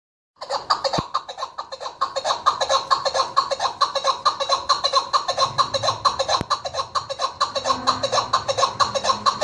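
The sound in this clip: Partridge calling: a continuous rhythmic chatter of harsh, repeated notes at a fairly even pace that carries on throughout.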